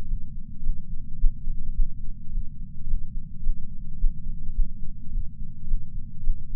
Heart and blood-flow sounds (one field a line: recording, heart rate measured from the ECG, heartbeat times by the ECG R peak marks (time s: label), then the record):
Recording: heart sounds by patch sensor on the chest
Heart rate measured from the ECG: 107 bpm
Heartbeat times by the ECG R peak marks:
0.06 s: heartbeat
0.61 s: heartbeat
1.17 s: heartbeat
1.73 s: heartbeat
2.30 s: heartbeat
2.85 s: heartbeat
3.41 s: heartbeat
3.97 s: heartbeat
4.53 s: heartbeat
5.10 s: heartbeat
5.66 s: heartbeat
6.21 s: heartbeat
From the record:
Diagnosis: coronary artery disease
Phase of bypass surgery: postoperative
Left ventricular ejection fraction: 54.7%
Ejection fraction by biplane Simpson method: 51.3%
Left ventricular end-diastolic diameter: 46 mm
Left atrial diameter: 45 mm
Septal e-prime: 5.3 cm/s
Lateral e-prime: 7.1 cm/s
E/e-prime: 10.6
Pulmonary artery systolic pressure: 26 mmHg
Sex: male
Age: 58 years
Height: 182 cm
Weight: 89 kg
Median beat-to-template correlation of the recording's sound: 0.72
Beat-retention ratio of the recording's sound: 0.99